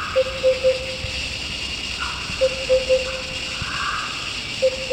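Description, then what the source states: Sunda lesser cuckoo giving short, low three-note whistled phrases, repeated at a steady pace over a constant background hiss. Recorded 1 March 2008.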